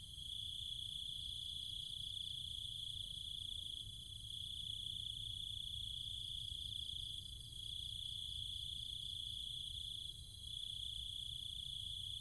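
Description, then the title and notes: Cicadas with other insects make a continuous piercing buzz, briefly dipping at about four, seven and ten seconds before resuming, with a low rumble underneath. Nighttime chorus of cicadas and other insects in trees and fields, Chiang Mai, Thailand. "Cicada countryside, Thailand. Nighttime sounds of the cicadas and insects in the trees and fields, Chiang Mai, Thailand. Recorded by Alex Boyesen"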